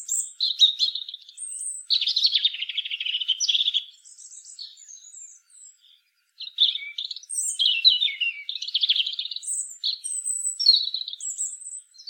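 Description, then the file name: European robin song: high, thin warbled phrases with trills and sharp whistles, a quieter stretch with only faint notes around the middle, then a second longer run of varied notes. "Erithacus rubecula"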